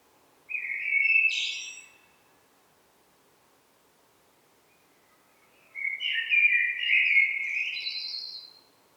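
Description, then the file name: Common blackbird, two song phrases several seconds apart: a short warble rising to a squeaky high ending, then a longer rich warble with high twitters. "Turdus merula"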